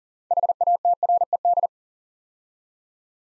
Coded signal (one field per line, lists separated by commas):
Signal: Morse code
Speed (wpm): 40 wpm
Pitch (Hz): 700 Hz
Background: none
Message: HATRED